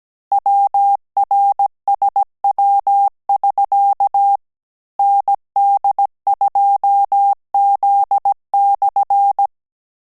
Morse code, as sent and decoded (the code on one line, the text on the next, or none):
.-- .-. ... .-- ...-.- / -. -.. ..--- --.. -..-.
WRSW<SK> ND2Z/